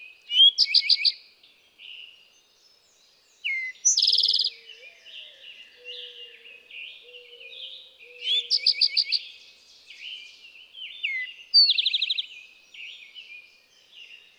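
Eastern towhee song: a short falling slur followed by a fast, buzzy high trill, given twice about eight seconds apart, with a repeated five-note phrase and many softer chirps.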